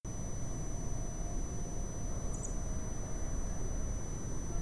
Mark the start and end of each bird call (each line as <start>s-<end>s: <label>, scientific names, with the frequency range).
2.33s-2.47s: Turdus philomelos (6.4-9.8 kHz)